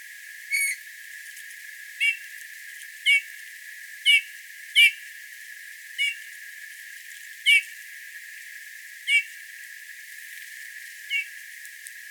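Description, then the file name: Eurasian bullfinch calls: about ten soft, descending whistled pipes spaced one to two seconds apart, some fainter than others, with slight background hiss. "Pyrrhula pyrrhula"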